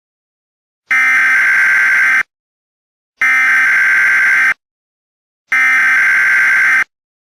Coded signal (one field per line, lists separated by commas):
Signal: Emergency Alert System (SAME) tones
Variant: header bursts